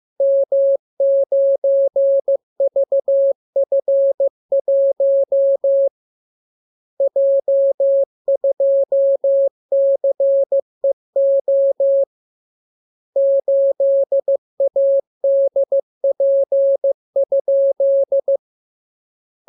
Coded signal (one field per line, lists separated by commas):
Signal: Morse code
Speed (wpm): 15 wpm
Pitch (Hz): 550 Hz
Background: none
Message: M9VF1 J2CEO 8ADP?